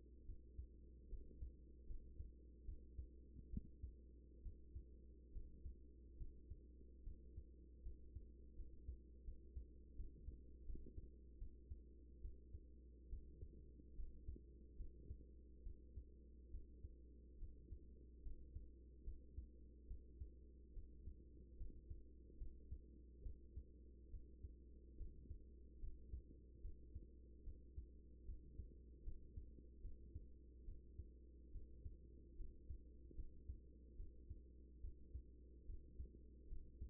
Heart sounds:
heart sounds by stethoscope; 73 bpm
0.25 s: heartbeat
1.09 s: heartbeat
1.87 s: heartbeat
2.65 s: heartbeat
3.50 s: heartbeat
4.42 s: heartbeat
5.32 s: heartbeat
6.17 s: heartbeat
7.03 s: heartbeat
7.82 s: heartbeat
8.55 s: heartbeat
9.24 s: heartbeat
9.96 s: heartbeat
10.65 s: heartbeat
11.38 s: heartbeat
12.21 s: heartbeat
13.09 s: heartbeat
13.95 s: heartbeat
14.76 s: heartbeat
15.63 s: heartbeat
16.50 s: heartbeat
17.38 s: heartbeat
18.22 s: heartbeat
19.04 s: heartbeat
19.87 s: heartbeat
20.73 s: heartbeat
21.57 s: heartbeat
22.37 s: heartbeat
23.22 s: heartbeat
24.10 s: heartbeat
24.96 s: heartbeat
25.79 s: heartbeat
26.61 s: heartbeat
27.43 s: heartbeat
28.25 s: heartbeat
29.03 s: heartbeat
29.81 s: heartbeat
30.64 s: heartbeat
31.51 s: heartbeat
32.36 s: heartbeat
33.15 s: heartbeat
33.96 s: heartbeat
34.80 s: heartbeat
35.66 s: heartbeat
36.48 s: heartbeat
From the record:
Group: healthy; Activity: rest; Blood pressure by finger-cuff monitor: 114/65 mmHg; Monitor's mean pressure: 83 mmHg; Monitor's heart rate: 72 bpm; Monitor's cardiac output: 6.3 L/min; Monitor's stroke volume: 87 mL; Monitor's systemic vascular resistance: 970 dyn s/cm5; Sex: female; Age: 24 years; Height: 163 cm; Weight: 55.7 kg

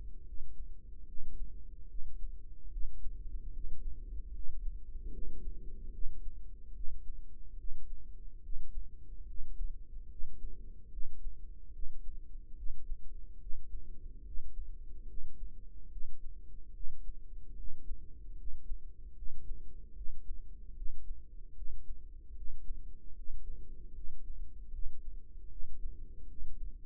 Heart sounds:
heart sounds by microphone in the right ear; 74 bpm
0.25 s: heartbeat
1.06 s: heartbeat
1.88 s: heartbeat
2.70 s: heartbeat
3.52 s: heartbeat
4.32 s: heartbeat
5.11 s: heartbeat
5.92 s: heartbeat
6.73 s: heartbeat
7.57 s: heartbeat
8.42 s: heartbeat
9.26 s: heartbeat
10.08 s: heartbeat
10.90 s: heartbeat
11.72 s: heartbeat
12.55 s: heartbeat
13.39 s: heartbeat
14.23 s: heartbeat
15.07 s: heartbeat
15.90 s: heartbeat
16.73 s: heartbeat
17.55 s: heartbeat
18.36 s: heartbeat
19.15 s: heartbeat
19.94 s: heartbeat
20.74 s: heartbeat
21.54 s: heartbeat
22.35 s: heartbeat
23.14 s: heartbeat
23.93 s: heartbeat
24.71 s: heartbeat
25.49 s: heartbeat
26.27 s: heartbeat
From the record:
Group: healthy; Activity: rest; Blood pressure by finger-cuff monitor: 105/69 mmHg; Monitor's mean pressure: 81 mmHg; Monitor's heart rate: 73 bpm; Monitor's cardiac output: 5.2 L/min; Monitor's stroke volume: 72 mL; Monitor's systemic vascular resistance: 1110 dyn s/cm5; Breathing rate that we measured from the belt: 13 breaths a minute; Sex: female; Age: 43 years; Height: 160 cm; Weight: 90 kg

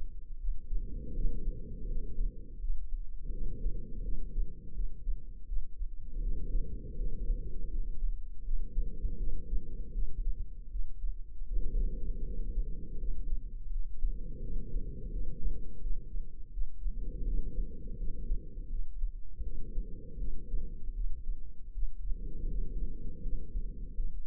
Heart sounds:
heart sounds by microphone in the left ear; 81 bpm
0.36 s: heartbeat
1.12 s: heartbeat
1.86 s: heartbeat
2.59 s: heartbeat
3.30 s: heartbeat
4.00 s: heartbeat
4.71 s: heartbeat
5.44 s: heartbeat
6.19 s: heartbeat
6.94 s: heartbeat
7.69 s: heartbeat
8.42 s: heartbeat
9.15 s: heartbeat
9.90 s: heartbeat
10.67 s: heartbeat
11.44 s: heartbeat
12.22 s: heartbeat
12.97 s: heartbeat
13.69 s: heartbeat
14.39 s: heartbeat
15.08 s: heartbeat
15.78 s: heartbeat
16.49 s: heartbeat
17.22 s: heartbeat
17.96 s: heartbeat
18.68 s: heartbeat
19.41 s: heartbeat
20.16 s: heartbeat
20.92 s: heartbeat
21.70 s: heartbeat
22.46 s: heartbeat
23.21 s: heartbeat
23.93 s: heartbeat
From the record:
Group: healthy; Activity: cold pressor test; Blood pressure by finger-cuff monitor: 122/92 mmHg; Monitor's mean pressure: 105 mmHg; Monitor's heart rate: 81 bpm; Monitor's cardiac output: 5.8 L/min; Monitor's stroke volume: 70 mL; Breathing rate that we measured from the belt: 11 breaths a minute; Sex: female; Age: 32 years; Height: 172 cm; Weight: 71.7 kg

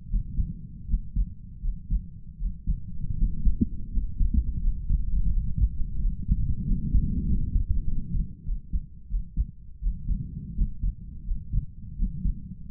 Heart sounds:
heart sounds by stethoscope; 86 bpm
0.07 s: heartbeat
0.86 s: heartbeat
1.60 s: heartbeat
2.36 s: heartbeat
3.14 s: heartbeat
3.89 s: heartbeat
4.59 s: heartbeat
5.29 s: heartbeat
5.98 s: heartbeat
6.64 s: heartbeat
7.25 s: heartbeat
7.84 s: heartbeat
8.43 s: heartbeat
9.07 s: heartbeat
9.79 s: heartbeat
10.53 s: heartbeat
11.23 s: heartbeat
11.95 s: heartbeat
12.65 s: heartbeat
From the record:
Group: healthy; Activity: rest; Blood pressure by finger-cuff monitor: 89/59 mmHg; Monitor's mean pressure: 67 mmHg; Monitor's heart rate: 83 bpm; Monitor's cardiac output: 5.3 L/min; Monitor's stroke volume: 64 mL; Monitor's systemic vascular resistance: 890 dyn s/cm5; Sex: male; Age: 22 years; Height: 181 cm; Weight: 60 kg

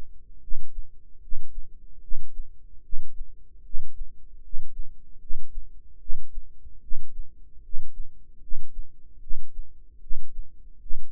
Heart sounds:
heart sounds by microphone in the right ear; 75 bpm
0.40 s: heartbeat
1.20 s: heartbeat
2.00 s: heartbeat
2.81 s: heartbeat
3.62 s: heartbeat
4.41 s: heartbeat
5.18 s: heartbeat
5.98 s: heartbeat
6.80 s: heartbeat
7.61 s: heartbeat
8.40 s: heartbeat
9.19 s: heartbeat
9.99 s: heartbeat
10.78 s: heartbeat
From the record:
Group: healthy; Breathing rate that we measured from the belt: 18 breaths a minute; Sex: male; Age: 35 years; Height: 180 cm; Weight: 86.9 kg

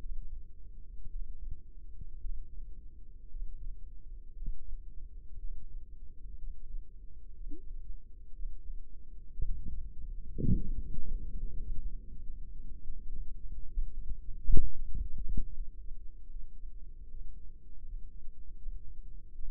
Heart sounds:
heart sounds by microphone in the left ear; 66 bpm
1.09 s: heartbeat
2.19 s: heartbeat
3.29 s: heartbeat
4.35 s: heartbeat
5.37 s: heartbeat
6.37 s: heartbeat
7.34 s: heartbeat
8.33 s: heartbeat
9.32 s: heartbeat
10.37 s: heartbeat
11.31 s: heartbeat
12.23 s: heartbeat
13.08 s: heartbeat
13.93 s: heartbeat
14.75 s: heartbeat
15.54 s: heartbeat
16.30 s: heartbeat
17.11 s: heartbeat
17.85 s: heartbeat
18.58 s: heartbeat
19.34 s: heartbeat
From the record:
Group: healthy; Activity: Valsalva maneuver 0-10 s, rest 10-20 s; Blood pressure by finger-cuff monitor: 88/51 mmHg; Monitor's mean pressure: 60 mmHg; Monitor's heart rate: 61 bpm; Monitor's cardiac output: 4.7 L/min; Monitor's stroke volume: 82 mL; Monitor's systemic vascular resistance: 860 dyn s/cm5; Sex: female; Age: 28 years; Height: 170 cm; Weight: 77 kg

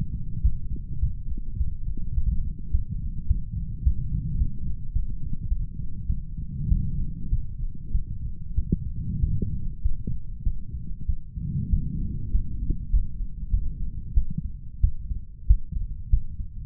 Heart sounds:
heart sounds by stethoscope; 99 bpm
0.42 s: heartbeat
1.00 s: heartbeat
1.58 s: heartbeat
2.15 s: heartbeat
2.72 s: heartbeat
3.28 s: heartbeat
3.84 s: heartbeat
4.38 s: heartbeat
4.93 s: heartbeat
5.49 s: heartbeat
6.07 s: heartbeat
6.69 s: heartbeat
7.30 s: heartbeat
7.92 s: heartbeat
8.55 s: heartbeat
9.20 s: heartbeat
9.82 s: heartbeat
10.44 s: heartbeat
11.06 s: heartbeat
11.70 s: heartbeat
12.32 s: heartbeat
12.91 s: heartbeat
13.51 s: heartbeat
14.14 s: heartbeat
14.81 s: heartbeat
15.47 s: heartbeat
16.10 s: heartbeat
From the record:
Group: healthy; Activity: light exercise 0-13 s, rest 13-17 s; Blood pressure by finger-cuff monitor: 130/76 mmHg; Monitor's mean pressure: 95 mmHg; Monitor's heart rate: 97 bpm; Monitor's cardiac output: 7.8 L/min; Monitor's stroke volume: 79 mL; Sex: male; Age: 35 years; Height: 178 cm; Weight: 64 kg

